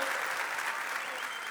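An audience applauds steadily, a dense wash of many hands clapping at an even, sustained loudness for the full moment with no voices standing out.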